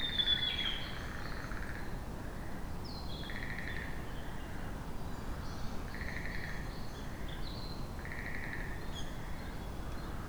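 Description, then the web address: Japanese tit calls: buzzy harsh notes repeated every two to three seconds, mixed with thin high chips, over constant background hiss. Recorded 1 May 2019 at Kotori no Mori. "kotorinomori 190501 kotori shijukara 190501"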